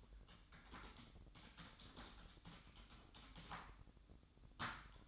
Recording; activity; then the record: daily activity, microphone in the room; typing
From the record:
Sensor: 3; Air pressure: 1007.6 hPa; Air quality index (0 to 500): 60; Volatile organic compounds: 1 ppm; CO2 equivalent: 611 ppm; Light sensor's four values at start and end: 11/26/11/11 and 11/26/11/11